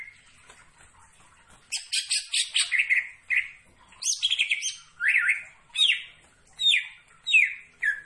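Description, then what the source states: Greater green leafbird song: brief quiet start, then a burst of buzzy trills followed by repeated slurred whistles. Singing actively, described with the Indonesian term gacor.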